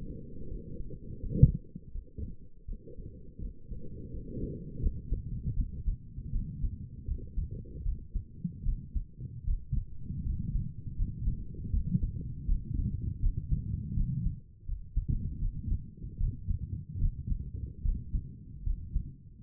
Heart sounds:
heart sounds by stethoscope; 79 bpm
0.49 s: heartbeat
1.21 s: heartbeat
1.93 s: heartbeat
2.67 s: heartbeat
3.40 s: heartbeat
4.12 s: heartbeat
4.81 s: heartbeat
5.56 s: heartbeat
6.32 s: heartbeat
7.07 s: heartbeat
7.84 s: heartbeat
8.65 s: heartbeat
9.46 s: heartbeat
10.24 s: heartbeat
10.97 s: heartbeat
11.72 s: heartbeat
12.47 s: heartbeat
13.21 s: heartbeat
13.95 s: heartbeat
14.66 s: heartbeat
15.40 s: heartbeat
16.19 s: heartbeat
17.00 s: heartbeat
17.83 s: heartbeat
18.65 s: heartbeat
From the record:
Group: healthy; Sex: female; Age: 22 years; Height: 163 cm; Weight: 67.1 kg

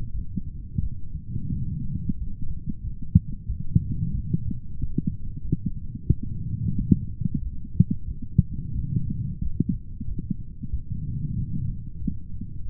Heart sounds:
heart sounds by stethoscope; 91 bpm
0.13 s: heartbeat
0.81 s: heartbeat
1.51 s: heartbeat
2.16 s: heartbeat
2.82 s: heartbeat
3.48 s: heartbeat
4.13 s: heartbeat
4.78 s: heartbeat
5.43 s: heartbeat
6.08 s: heartbeat
6.76 s: heartbeat
7.41 s: heartbeat
8.06 s: heartbeat
8.73 s: heartbeat
9.40 s: heartbeat
10.06 s: heartbeat
10.71 s: heartbeat
11.36 s: heartbeat
12.00 s: heartbeat
12.64 s: heartbeat
From the record:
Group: healthy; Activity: light exercise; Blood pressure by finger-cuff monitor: 113/72 mmHg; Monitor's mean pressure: 84 mmHg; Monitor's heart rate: 91 bpm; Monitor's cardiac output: 6.7 L/min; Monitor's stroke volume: 75 mL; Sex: female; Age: 36 years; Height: 163 cm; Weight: 88 kg

